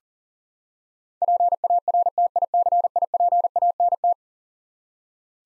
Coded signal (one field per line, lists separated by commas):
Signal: Morse code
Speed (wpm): 40 wpm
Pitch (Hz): 700 Hz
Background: none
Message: PARTICIPANT